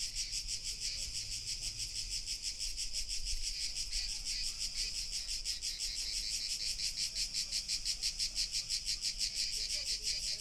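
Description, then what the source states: Cricket chorus of rapid, regular high-pitched pulses, roughly three per second, continuous throughout with faint low background hum. Crickets recorded in August.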